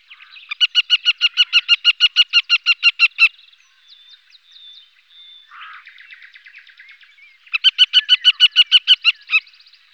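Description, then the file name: Western marsh harrier calling in two long rapid bursts of sharp, repeated kek notes, separated by a few seconds of faint rasping and scratchy sounds. "Sons De La Nature - Busard des roseaux Marsh Harrier"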